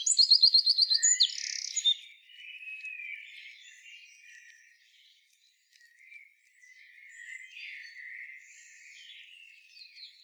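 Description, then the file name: Eurasian wren giving a brief high rapid trill followed by a few sharp notes, then quiet, faint bird twittering for the rest. "Troglodytes troglodytes"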